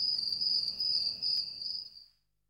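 Cicada call: a loud, steady high-pitched buzz with faint pulses, holding for about two seconds before fading out.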